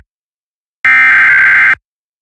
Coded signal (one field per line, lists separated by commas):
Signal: Emergency Alert System (SAME) tones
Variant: header bursts